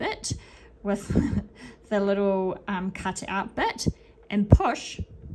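Someone talks while a bobbin case is aligned so its shaft meets the cut-out and pushed toward its place in a Bernina B330 sewing machine. The bobbin case has not seated or clicked into place yet.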